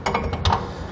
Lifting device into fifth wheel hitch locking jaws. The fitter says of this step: then it's going to lock into place we close the handle it's